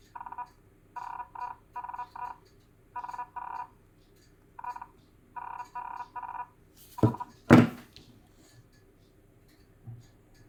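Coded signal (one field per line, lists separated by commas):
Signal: Hellschreiber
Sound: short buzzy rasping tone bursts around 1 kHz in groups, like stuttering characters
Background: handling thumps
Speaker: as you can see, whatever you type is transmitted immediately. There is no break. But it is all in all comfortable to use and a fancy little gadget.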